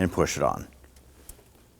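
Someone talks while the lower socket end of a new gas hood lift support for a 2015-2024 Nissan Murano, with its retaining clip already installed, is lined up and pushed toward the metal ball stud on the body. Faint handling noises follow, including a brief sharp tick near 1.3 s. The clip ends before the socket pops on, so nothing has seated or clicked yet.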